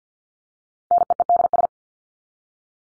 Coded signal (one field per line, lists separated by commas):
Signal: Morse code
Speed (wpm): 48 wpm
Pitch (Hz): 700 Hz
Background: none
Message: NEEDS